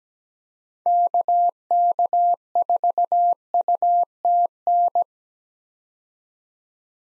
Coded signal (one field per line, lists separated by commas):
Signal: Morse code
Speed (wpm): 17 wpm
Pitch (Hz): 700 Hz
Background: none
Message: KK4UTN